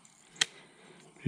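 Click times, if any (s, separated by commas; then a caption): 0.4 s. A Carbon Express X-Force PileDriver 390 crossbow is cocked with its crank winch until the bowstring latches into the trigger mechanism. A sharp click at 0.4 s confirms the string is locked in place, followed by a quieter sharp sound at the very end, about 1.3 s.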